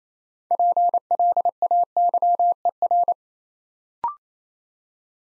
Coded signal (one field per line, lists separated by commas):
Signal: Morse code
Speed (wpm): 27 wpm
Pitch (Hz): 700 Hz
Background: none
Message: PLAYER